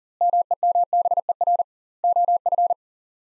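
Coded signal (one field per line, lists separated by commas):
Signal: Morse code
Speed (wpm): 40 wpm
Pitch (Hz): 700 Hz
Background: none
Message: MEMBER OF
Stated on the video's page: Morse practice of three-word sets at 40 wpm with double word spacing, a Farnsworth-like method, each set sent then spoken.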